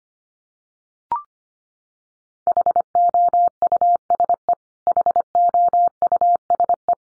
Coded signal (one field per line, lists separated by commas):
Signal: Morse code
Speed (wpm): 25 wpm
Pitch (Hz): 700 Hz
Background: none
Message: HOUSE HOUSE